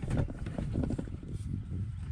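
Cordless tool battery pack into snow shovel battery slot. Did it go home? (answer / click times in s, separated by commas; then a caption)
no / none. A cordless tool battery pack, not yet fully charged, is handled next to the battery slot of a Mellif brushless snow shovel before being slid in. Light knocks and rustling handling sounds come at about 0.1, 0.3, 0.5, 0.6, 0.8 and 1.0 seconds over a low rumble. Nothing has seated or clicked yet.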